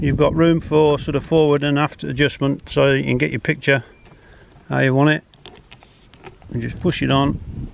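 Someone talks while a WULF night vision add-on unit is pushed onto the adapter fitted to a rifle scope eyepiece, with a few short, light handling knocks between about 5.5 and 6.3 seconds. The unit has not yet been turned home, and nothing has seated or clicked yet.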